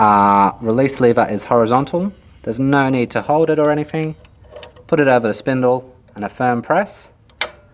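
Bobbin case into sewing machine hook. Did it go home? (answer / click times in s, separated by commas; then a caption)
yes / 7.4 s. A metal bobbin case, its release lever held horizontal, is pushed over the spindle of the hook on a Handi Quilter Sweet Sixteen quilting machine while someone talks. After a firm press, it gives a sharp click at 7.4 seconds as it seats into place.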